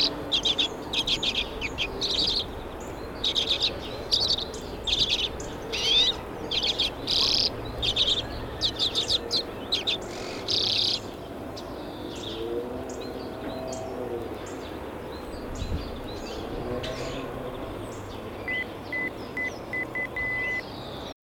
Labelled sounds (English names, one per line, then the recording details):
Common Redpoll
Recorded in the wild
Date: 1978-03-25
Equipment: Nagra III BH, Sennheiser MD 21
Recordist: Schubert, Michael
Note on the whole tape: Rufe und Gesang Birkenzeisig Männchen